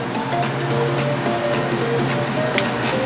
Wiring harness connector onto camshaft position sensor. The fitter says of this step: to push until i hear the click